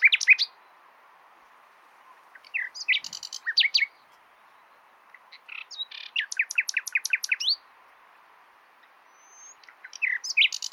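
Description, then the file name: Common nightingale song with varied phrases of chirps and a rapid series of repeated sharp notes, separated by pauses. "Luscinia megarhynchos"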